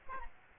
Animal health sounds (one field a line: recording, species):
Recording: mosquito wingbeat signal from an infrared sensor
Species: Aedes aegypti